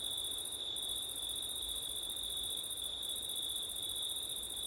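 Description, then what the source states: Crickets singing a constant piercing trill, the upper pulsing voice pausing twice, over soft background hiss. Crickets on a September night in wind, recorded with an ORTF stereo setup.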